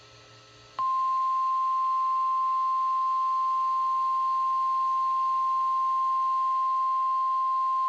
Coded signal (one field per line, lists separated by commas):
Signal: Emergency Alert System (SAME) tones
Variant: 1050 Hz attention tone